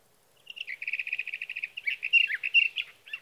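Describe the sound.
Sage thrasher song: a run of fast repeated notes, then a continuous warble of varied rising and falling phrases.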